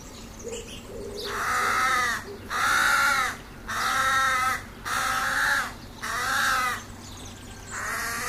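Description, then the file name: Carrion crow calls: five harsh, drawn-out caws separated by short gaps, then a quieter sixth. "Corvus corone"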